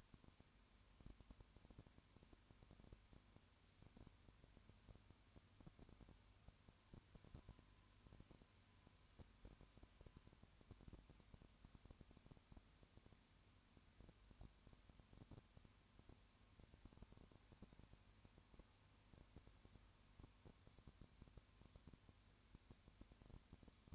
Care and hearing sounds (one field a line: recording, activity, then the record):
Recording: daily activity, microphone in the room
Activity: no activity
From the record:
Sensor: 2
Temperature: 20.3 degrees Celsius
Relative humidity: 35.6%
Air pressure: 1001.0 hPa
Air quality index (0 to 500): 196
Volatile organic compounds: 5 ppm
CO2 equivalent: 1731 ppm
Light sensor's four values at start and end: 2/3/2/2 and 2/3/2/2